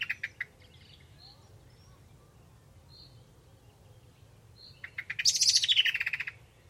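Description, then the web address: Bird calls: a few soft chips, then quiet high notes, then a loud rapid chattering burst of buzzy notes near the end. "Deverinetal. Bird Only"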